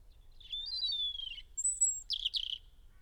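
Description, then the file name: European robin song phrase, fairly soft: a drawn-out wavering whistle, a very high thin note, then two quick tumbling twittery bursts. "Erithacus rubecula"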